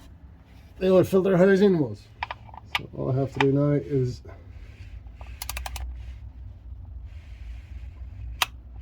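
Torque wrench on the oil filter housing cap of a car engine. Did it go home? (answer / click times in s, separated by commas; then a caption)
yes / 8.4 s. Someone talks, then a torque wrench set to 25 Nm is ratcheted with quick clicking bursts to tighten the oil filter housing cap on a BMW 520d (F10) engine. A single sharp click at 8.4 s marks the wrench reaching its set torque, confirming the cap is tightened.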